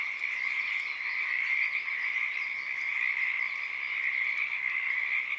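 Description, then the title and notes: Pacific tree frog chorus, many frogs croaking at once in a steady, even, unbroken mass of sound. Wild field recording, Oaks Bottom Wildlife Refuge, Portland, Oregon, USA; morning of Friday, April 7, 2023; chorus starting and stopping, uncommon at that time of day. "Oaks Bottom Frogs. Friday April 7th, 2023. Oaks Bottom Wildlife Refuge, Portland, Oregon USA. This is the chorus of the Pacific Tree Frog starting and stopping. Field Sound"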